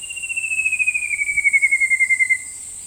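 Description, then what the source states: Shining flycatcher giving one long, slightly pulsing whistle that slides slowly down over about two seconds, with a steady high insect drone throughout. Subspecies wardelli.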